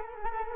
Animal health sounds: mosquito wingbeat signal from an infrared sensor; Culex quinquefasciatus

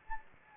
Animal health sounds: mosquito wingbeat signal from an infrared sensor; Anopheles gambiae

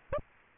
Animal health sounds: mosquito wingbeat signal from an infrared sensor; Aedes aegypti

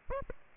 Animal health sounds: mosquito wingbeat signal from an infrared sensor; Aedes aegypti

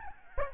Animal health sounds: mosquito wingbeat signal from an infrared sensor; Aedes albopictus

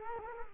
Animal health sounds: mosquito wingbeat signal from an infrared sensor; Culex quinquefasciatus

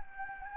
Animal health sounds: mosquito wingbeat signal from an infrared sensor; Anopheles gambiae

